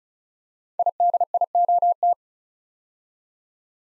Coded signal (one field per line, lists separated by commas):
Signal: Morse code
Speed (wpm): 36 wpm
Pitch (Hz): 700 Hz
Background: none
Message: IDIOT